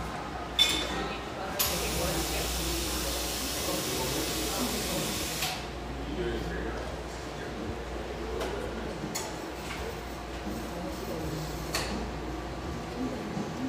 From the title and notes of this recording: Our final Portland recording session (for now) takes place in this industrial-aesthetic cafe in Portland's pictureesque Grant Park neighborhood.